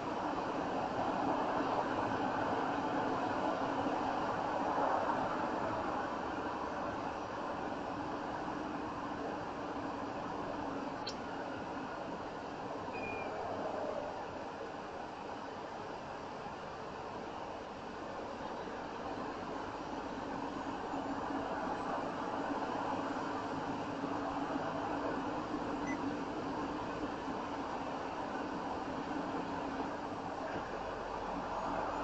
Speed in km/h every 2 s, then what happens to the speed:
66, 68, 68, 63, 61, 60, 48, 44, 44, 44, 45, 47, 50, 52, 55, 55.
4-13 slows to 44. 13-18 steady at about 44. 18-32 speeds up to 55.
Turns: none.